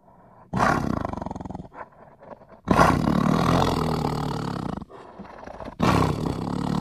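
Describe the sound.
Tiger giving three loud, rasping roars separated by brief pauses, each roar pulsing and gravelly with strong low tones.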